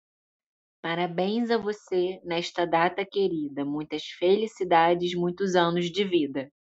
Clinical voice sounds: short text; Brazilian Portuguese; female; 30 to 39 years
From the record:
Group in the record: control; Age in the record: 39 years

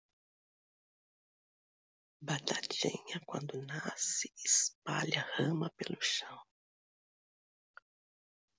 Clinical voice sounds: short text; Brazilian Portuguese; female; 60 to 69 years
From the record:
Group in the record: control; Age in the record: 66 years

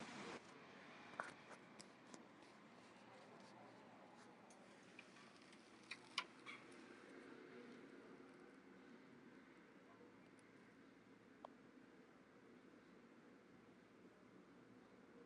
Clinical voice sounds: short text; Brazilian Portuguese; female; 80 to 89 years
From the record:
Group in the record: control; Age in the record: 80 years

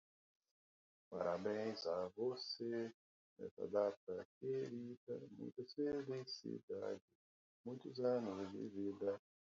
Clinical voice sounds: short text; Brazilian Portuguese; male; 40 to 49 years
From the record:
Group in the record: control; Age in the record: 44 years

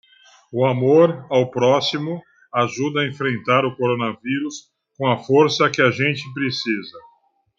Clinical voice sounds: spoken sentence; Brazilian Portuguese; male; 50 to 59 years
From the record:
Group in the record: control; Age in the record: 56 years

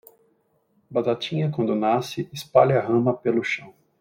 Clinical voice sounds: short text; Brazilian Portuguese; male; 40 to 49 years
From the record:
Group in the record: control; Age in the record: 46 years

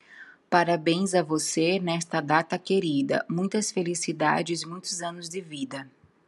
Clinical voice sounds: short text; Brazilian Portuguese; female; 30 to 39 years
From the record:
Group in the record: control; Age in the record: 34 years

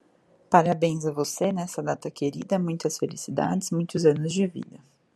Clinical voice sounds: short text; Brazilian Portuguese; female; 30 to 39 years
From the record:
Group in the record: control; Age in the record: 31 years

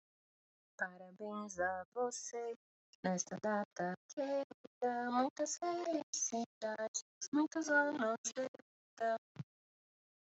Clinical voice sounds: short text; Brazilian Portuguese; female; 30 to 39 years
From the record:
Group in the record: control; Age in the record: 35 years

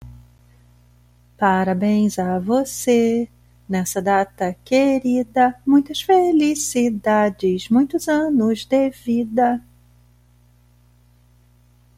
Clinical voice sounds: short text; Brazilian Portuguese; female; 40 to 49 years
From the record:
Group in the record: control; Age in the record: 45 years

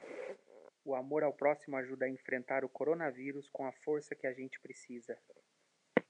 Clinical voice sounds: spoken sentence; Brazilian Portuguese; male; 30 to 39 years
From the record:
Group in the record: control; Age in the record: 39 years

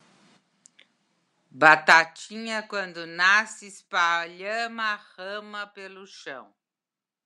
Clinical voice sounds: short text; Brazilian Portuguese; female; 60 to 69 years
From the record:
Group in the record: control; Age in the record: 65 years

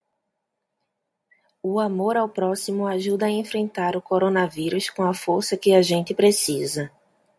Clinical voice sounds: spoken sentence; Brazilian Portuguese; female; 30 to 39 years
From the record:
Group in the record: control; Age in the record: 37 years

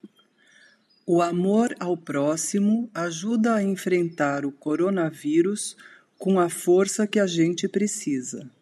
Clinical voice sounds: spoken sentence; Brazilian Portuguese; female; 60 to 69 years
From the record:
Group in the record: control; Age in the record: 60 years

